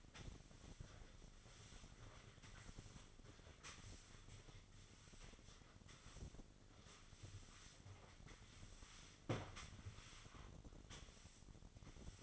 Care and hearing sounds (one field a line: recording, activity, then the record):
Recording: daily activity, microphone in the room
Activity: sweep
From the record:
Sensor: 4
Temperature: 27.1 degrees Celsius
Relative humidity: 35.2%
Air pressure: 1003.9 hPa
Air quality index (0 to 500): 149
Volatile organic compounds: 2 ppm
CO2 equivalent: 1064 ppm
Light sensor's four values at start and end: 14/33/14/15 and 14/31/13/14